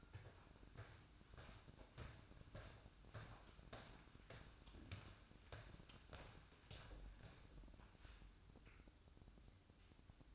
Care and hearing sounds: daily activity, microphone in the room; walk to room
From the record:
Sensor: 2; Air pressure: 1008.1 hPa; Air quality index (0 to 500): 117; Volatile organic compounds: 1 ppm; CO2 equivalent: 868 ppm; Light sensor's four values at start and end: 9/20/8/8 and 9/21/9/9

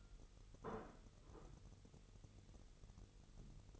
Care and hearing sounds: daily activity, microphone in the room; place plate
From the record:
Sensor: 4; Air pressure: 989.4 hPa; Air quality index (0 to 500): 213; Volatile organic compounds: 61 ppm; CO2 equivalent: 3431 ppm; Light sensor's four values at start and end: 26/91/33/35 and 26/91/33/35

